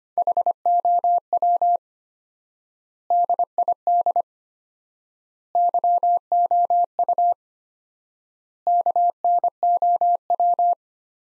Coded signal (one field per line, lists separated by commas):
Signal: Morse code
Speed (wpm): 25 wpm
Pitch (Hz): 700 Hz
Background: none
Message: HOW DID YOU KNOW